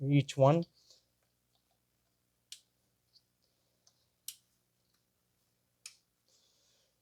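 On a 2010 Toyota Corolla 1.8 during a spark plug replacement, the remaining wiring harness connectors are snapped onto the ignition coils one after another. Someone talks briefly at the start, then three sharp clicks sound at 2.5, 4.3 and 5.9 seconds, with a couple of fainter ticks in between. Each connector seats.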